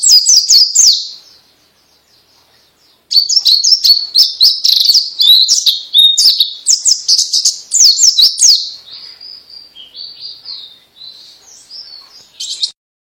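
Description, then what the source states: White-eye song: a fast, high, twittering warble of sliding notes, a short burst, a pause of about two seconds, then a long continuous run that fades toward the end. Compilation of white-eye singing in the styles called ngalas and ngeroll.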